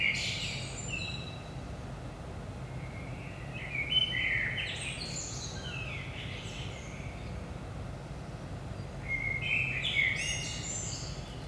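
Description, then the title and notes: Common blackbird singing repeated melodious phrases, each finishing in high scratchy notes, separated by short pauses, with a steady low rumble behind. Recorded at 5 am in early morning in Saint-Gilles, Belgium; DPA 4060 microphones in AB position into a Zoom F3 recorder. "Saint-Gilles, Belgique - 5am Blackbird. Blackbird in the morning. Merle au petit matin"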